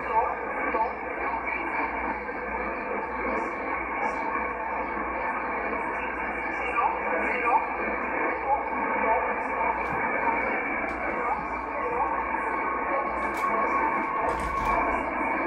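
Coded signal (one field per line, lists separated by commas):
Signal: numbers station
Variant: E11 Oblique, English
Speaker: so this comes from Poland this was a Polish E11 number station that you just heard there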